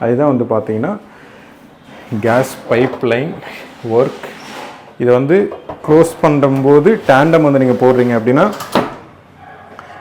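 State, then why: Seated. A modular kitchen tandem drawer is closed into its kitchen cabinet carcass and pressed firmly until its mechanism locks shut. Someone talks for most of the clip, then a single sharp hit is heard at 9.8 seconds as the drawer locks in place.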